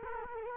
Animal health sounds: mosquito wingbeat signal from an infrared sensor; Culex quinquefasciatus

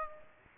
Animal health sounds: mosquito wingbeat signal from an infrared sensor; Aedes aegypti

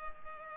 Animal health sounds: mosquito wingbeat signal from an infrared sensor; Culex pipiens

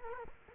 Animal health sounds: mosquito wingbeat signal from an infrared sensor; Culex quinquefasciatus

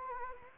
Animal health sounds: mosquito wingbeat signal from an infrared sensor; Anopheles gambiae

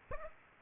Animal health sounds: mosquito wingbeat signal from an infrared sensor; Aedes aegypti

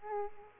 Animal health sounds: mosquito wingbeat signal from an infrared sensor; Aedes aegypti

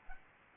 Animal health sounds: mosquito wingbeat signal from an infrared sensor; Aedes albopictus

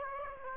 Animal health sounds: mosquito wingbeat signal from an infrared sensor; Aedes aegypti

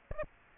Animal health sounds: mosquito wingbeat signal from an infrared sensor; Aedes aegypti

